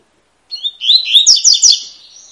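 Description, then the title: Double-collared seedeater song, one quick phrase of sweet, sliding whistles and crisp upward notes, ending in a faint, drawn-out high tone. Tui-tui song type, fibra bird; a teacher (professor) song used to train young birds. "COLEIRO TUI TUI FIBRA"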